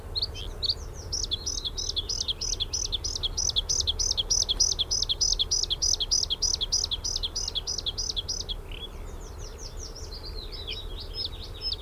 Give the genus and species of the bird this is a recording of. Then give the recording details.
Luscinia svecica. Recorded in the wild. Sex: male. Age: adult. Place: Hallstadt, Bayern, DE. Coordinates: 49.9247, 10.8625. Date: 1964-04-17. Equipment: Vollspur. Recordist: Tretzel, Erwin. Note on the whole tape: Hallstadt Brücke: Blaukehlchen B imitiert: Brachvogel (zu Beginn), Zilpzalp (oft und lang), Grille, Kohlmeise, Gartenrotschwanz, Regenpfeifer